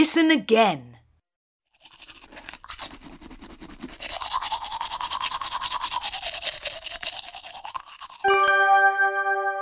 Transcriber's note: fx: brushing teeth